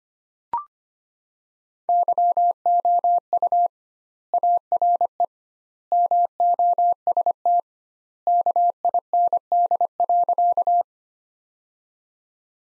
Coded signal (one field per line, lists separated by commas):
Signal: Morse code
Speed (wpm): 25 wpm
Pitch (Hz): 700 Hz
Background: none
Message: YOU ARE MOST KIND.